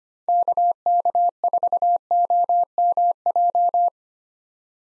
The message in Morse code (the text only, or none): KK4OMJ